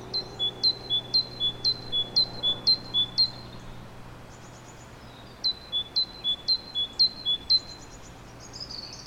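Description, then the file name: Great tit song: two runs of evenly paced two-note phrases, a bright high note then a lower one, several pairs each, separated by a short pause. "Parus major"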